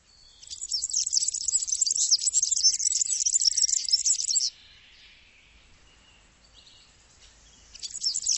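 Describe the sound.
Bird chattering in a rapid, high twittering burst for about four seconds, then a quiet pause before another burst begins.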